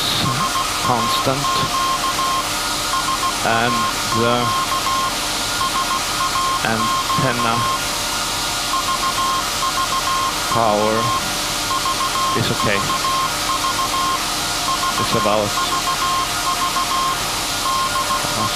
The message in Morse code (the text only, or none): SAQ SAQ SAQ VVV VVV VVV DE